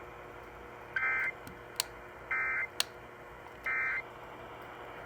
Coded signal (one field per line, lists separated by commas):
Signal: Emergency Alert System (SAME) tones